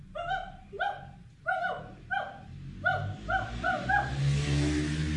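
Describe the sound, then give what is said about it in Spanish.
Voices imitate a dog barking, as the dog in a children's story, repeating short harmonic "woof" calls in a steady rhythm, about eight or nine in all. A rising low rumble like a revving engine swells underneath toward the end. “Este animalito hacía este sonido.”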